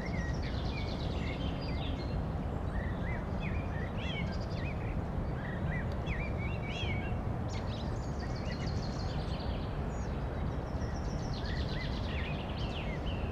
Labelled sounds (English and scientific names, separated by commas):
Common Chaffinch (Fringilla coelebs) song